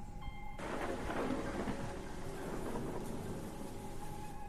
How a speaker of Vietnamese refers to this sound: Đúng lúc ấy thì bắt đầu có mưa ập đến. Trên bầu trời sấm chớp nổ đì đà đì đùng, càng làm cho không gian lại thêm phần đáng sợ.